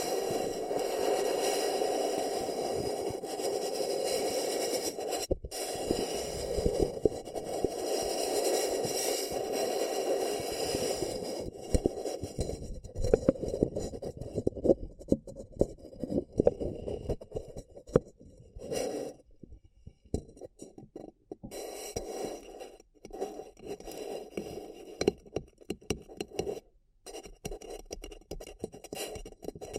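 A paper cup is rubbed and scratched, making a dense, steady scraping for the first ten seconds or so. After that the sound turns choppy: crinkly scratches, taps and crackles come in short bursts, broken by brief pauses near 5, 19 and 21 seconds.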